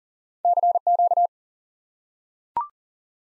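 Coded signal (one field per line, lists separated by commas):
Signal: Morse code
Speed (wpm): 40 wpm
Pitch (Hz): 700 Hz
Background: none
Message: CQ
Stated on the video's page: Morse lesson drilling the QSO element 599 as a single word for instant word recognition.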